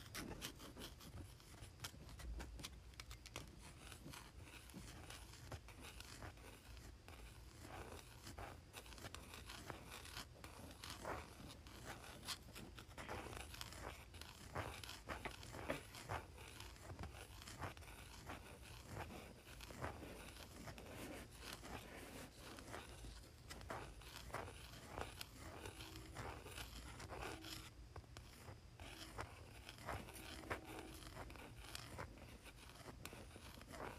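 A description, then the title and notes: A pencil scratches steadily across cardboard for the whole stretch, a dense run of rough, quick strokes with no real pauses. A low rumble sits underneath, and a few brief squeaky, tonal scrapes appear near the end. ASMR Pencil on Cardboard.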